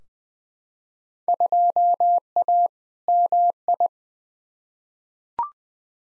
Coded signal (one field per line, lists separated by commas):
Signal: Morse code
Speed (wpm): 21 wpm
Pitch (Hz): 700 Hz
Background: none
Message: 2A MI